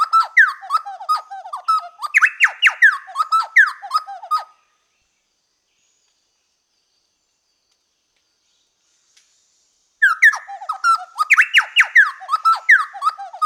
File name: Orthonyx Spaldingii